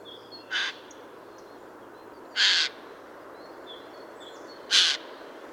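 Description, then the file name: Eurasian jay calling: three short, hoarse screeches spaced roughly two seconds apart, with faint high whistles from another bird behind them. "Garrulus glandarius"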